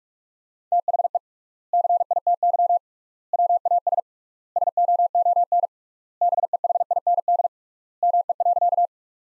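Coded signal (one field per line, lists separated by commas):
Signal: Morse code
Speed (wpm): 46 wpm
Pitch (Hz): 700 Hz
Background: none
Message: THE CITY WAS SOON BEHIND ME.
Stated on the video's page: Morse practice sentences built from the top 500 words, sent at 45 wpm with 3x standard word spacing, similar to Farnsworth.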